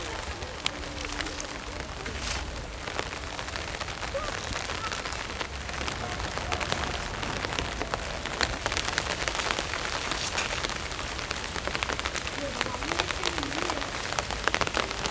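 Raindrops patter densely and steadily on an umbrella, with sharp ticks throughout, a low rumble underneath, and faint voices at moments.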